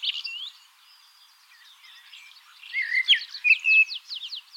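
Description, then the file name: Common blackbird: faint soft twittering at first, then a louder burst of fluty notes and rapid high trills. "Turdus merula"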